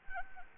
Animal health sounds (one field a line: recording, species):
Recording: mosquito wingbeat signal from an infrared sensor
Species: Anopheles arabiensis